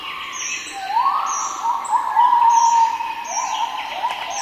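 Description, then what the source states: Gibbon call: a rising tonal hoot swelling into a long sustained note, then further rising notes, with high thin bird whistles above. Recorded in forest.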